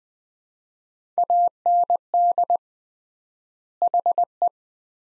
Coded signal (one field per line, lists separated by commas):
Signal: Morse code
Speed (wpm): 20 wpm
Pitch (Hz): 700 Hz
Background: none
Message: AND HE